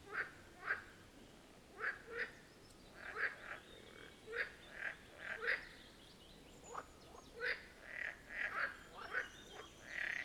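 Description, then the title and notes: Marsh frogs in chorus, many quick pulsed croaks in a busy sequence, several callers overlapping with short rattling notes through the whole stretch. Chorus at the Birkensee, Schönbuch, Germany, on one of the first proper hot summer days of 2023. "Marsh Frogs of the Birkensee. A chorus of Marsh Frog ( Pelophylax ridibundus ) at the Birkensee, in Schönbuch, DE. Recorded on one of the first proper hot days of this Summer (2023)"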